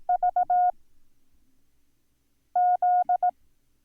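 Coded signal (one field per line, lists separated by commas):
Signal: Morse code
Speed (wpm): 18 wpm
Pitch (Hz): 720 Hz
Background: none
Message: VZ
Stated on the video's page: Morse code lesson introducing the letters B, Z and V.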